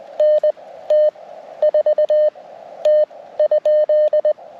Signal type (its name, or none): Morse code